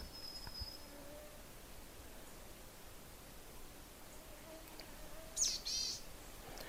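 Boreal chickadee giving one short, hoarse, buzzy call near the end, after a long stretch of quiet hiss with faint thin tones.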